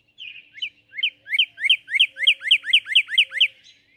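Northern cardinal singing a rapid series of sharp, downward-sliding whistles that speed up slightly.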